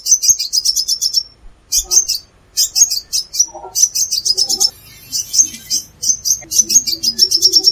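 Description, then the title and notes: Plain-throated sunbird singing rapid bursts of thin, high chattering notes with short pauses between, and a few soft low sounds in the background. Bird described as gacor, actively and persistently singing. "Kolibri Gacor. Kolibri Kelapa"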